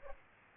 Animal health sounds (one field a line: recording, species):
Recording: mosquito wingbeat signal from an infrared sensor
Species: Aedes aegypti